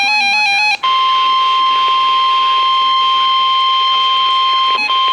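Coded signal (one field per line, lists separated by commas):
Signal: Emergency Alert System (SAME) tones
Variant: 1050 Hz attention tone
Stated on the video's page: NOAA Weather Radio Tornado Warning.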